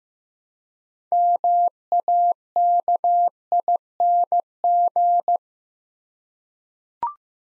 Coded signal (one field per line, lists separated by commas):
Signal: Morse code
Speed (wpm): 15 wpm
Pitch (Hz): 700 Hz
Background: none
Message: MAKING